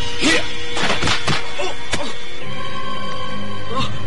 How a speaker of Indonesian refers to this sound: Belum lagi ia sempat berteriak, sebuah pukulan yang keras menerpa tubuhnya.